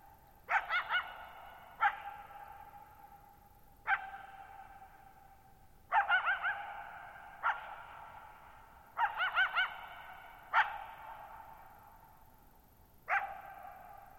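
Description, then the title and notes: Coyote barking repeatedly, single barks and quick stuttering yip series every one to three seconds, each trailing into a long reverberant tail over a quiet background. One coyote at night, July 14, 2019, near Thirtymile Meadows, Okanogan National Forest, Okanogan High Country, Pacific Northwest, 6400 ft (1950 m), shallow bowl-shaped meadow on a high dry plateau. "Lone Coyote at Thirtymile Meadows. night of July 14, 2019, camped near Thirtymile Meadows in the Okanogan National Forest at 6400 ft (1950 m)"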